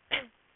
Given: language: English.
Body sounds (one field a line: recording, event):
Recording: throat vibration sensor signal played as sound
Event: cough